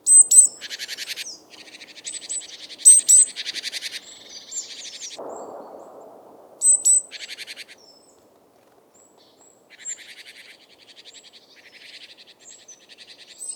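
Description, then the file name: Great tit giving sharp high notes and rasping churr bursts, then a pause with a brief low rustle before fainter buzzy chatter resumes toward the end. "Parus major"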